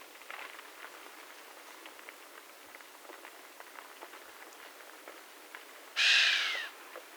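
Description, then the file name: Chamois call: after several seconds of faint scattered ticks and rustles, a sudden loud, harsh hissing whistle sounds once, lasting about half a second. "Camoscio da xenocanto"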